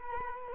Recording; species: mosquito wingbeat signal from an infrared sensor; Culex quinquefasciatus